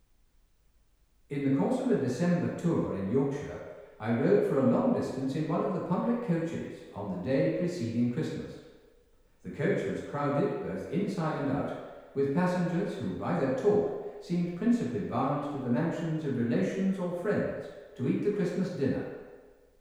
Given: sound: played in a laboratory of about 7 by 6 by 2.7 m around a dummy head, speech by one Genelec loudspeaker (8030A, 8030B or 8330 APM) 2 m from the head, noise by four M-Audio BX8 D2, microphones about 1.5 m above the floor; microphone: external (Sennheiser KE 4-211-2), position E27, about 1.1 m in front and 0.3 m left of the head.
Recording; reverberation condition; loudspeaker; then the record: male speech in English; high; 60 degrees to the right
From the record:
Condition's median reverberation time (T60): about 1300 ms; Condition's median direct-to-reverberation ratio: about -4.0 dB